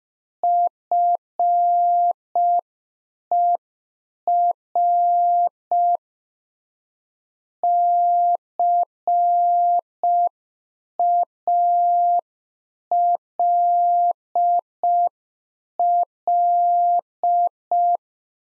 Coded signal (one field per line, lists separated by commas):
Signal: Morse code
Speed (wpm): 5 wpm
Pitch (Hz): 700 Hz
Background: none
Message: FER CALL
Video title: Practice QSO - Exchange 1- Beginning - 5wpm